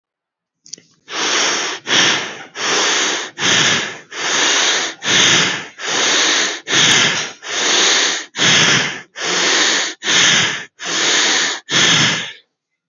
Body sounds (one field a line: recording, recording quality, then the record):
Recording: shallow breathing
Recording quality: excellent, no background noise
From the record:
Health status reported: healthy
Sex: male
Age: 36 years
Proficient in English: yes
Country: India